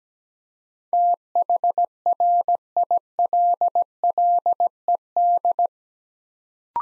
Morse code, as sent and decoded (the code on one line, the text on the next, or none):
- .... .-. .. .-.. .-.. . -..
THRILLED